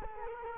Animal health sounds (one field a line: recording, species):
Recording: mosquito wingbeat signal from an infrared sensor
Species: Culex quinquefasciatus